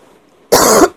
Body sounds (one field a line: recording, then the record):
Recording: coughing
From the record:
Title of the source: 31 night wet cough